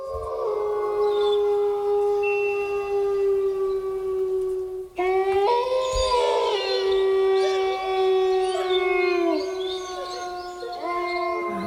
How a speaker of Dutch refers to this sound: Nou, laten we dan ook even naar de wolf luisteren.